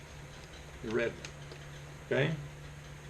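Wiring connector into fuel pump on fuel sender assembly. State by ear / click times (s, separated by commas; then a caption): not seated / none. The red wiring connector is handled at the new Racetronix fuel pump on the fuel sender assembly of a 1999–2002 F-body Camaro, and it has not clicked or seated yet. Someone talks in two short bursts, near 0.9 s and 2.2 s, over a steady low hum.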